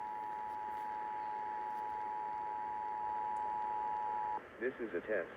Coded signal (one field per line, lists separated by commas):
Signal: Emergency Alert System (SAME) tones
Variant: 853 and 960 Hz attention tone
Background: speech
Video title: Washington State EOC Required Monthly Test EAS